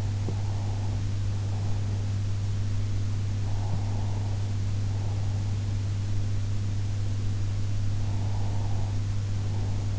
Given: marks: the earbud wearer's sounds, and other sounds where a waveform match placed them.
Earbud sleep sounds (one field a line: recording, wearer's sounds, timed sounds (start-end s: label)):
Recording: sounds in sleep by an in-ear microphone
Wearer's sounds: breath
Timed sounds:
0.00-2.25 s: breath
3.31-5.74 s: breath
7.80-9.99 s: breath